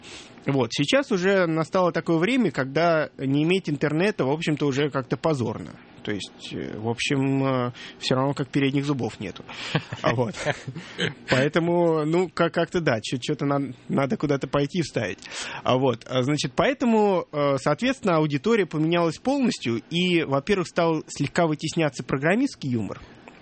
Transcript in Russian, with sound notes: Сейчас уже настало такое время, когда не иметь интернета – в общем-то уже как-то позорно, то есть в общем, как все равно, что передних зубов нету. (все смеются) Ну как-то да, чего-то нам надо куда-то пойти и вставить. Поэтому соответственно аудитория поменялась полностью, и, во-первых, стал слегка вытесняться программистский юмор,